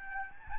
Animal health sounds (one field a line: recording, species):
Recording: mosquito wingbeat signal from an infrared sensor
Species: Aedes albopictus